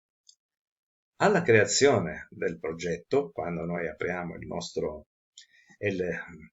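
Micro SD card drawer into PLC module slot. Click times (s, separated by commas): 0.3 s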